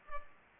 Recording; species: mosquito wingbeat signal from an infrared sensor; Culex pipiens